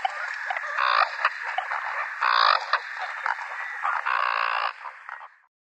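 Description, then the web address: American coot giving harsh, nasal croaking bursts, three louder calls spaced about a second or more apart over a steady hissing background. "Schulze Peter American Coot"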